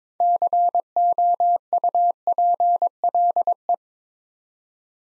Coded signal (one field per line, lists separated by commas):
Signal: Morse code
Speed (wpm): 22 wpm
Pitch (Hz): 700 Hz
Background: none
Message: COUPLE